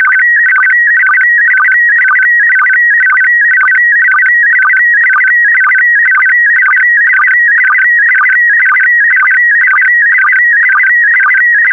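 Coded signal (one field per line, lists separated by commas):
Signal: SSTV (slow-scan television)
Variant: PD120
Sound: rapidly warbling, stepping electronic tone with a regular twice-per-second rhythm and low blips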